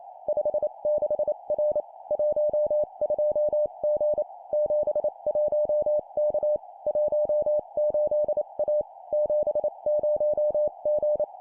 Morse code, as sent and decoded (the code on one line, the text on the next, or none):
..... -.... .-. / .---- ..--- --. / --... .---- -.- / .---- ---.. .- / --... ----- --.
56R 12G 71K 18A 70G